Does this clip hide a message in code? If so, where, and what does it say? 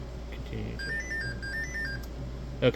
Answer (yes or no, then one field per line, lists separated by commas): no